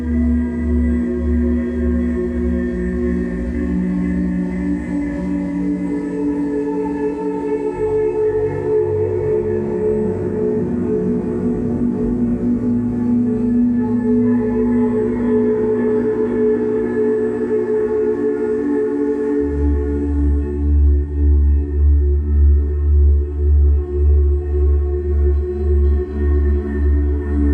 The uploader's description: atmospheric drone ambient guitar tones and binaural beats tuned to the healing frequency of 432Hz